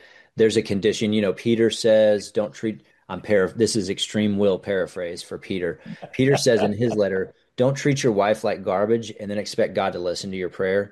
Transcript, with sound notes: And so, there's a condition. You know, Peter says, "Don't treat..." I'm para- this is extreme Will paraphrase for Peter.
(laughs)
Peter says in his letter, "Don't treat your wife like garbage and then expect God to listen to your prayer."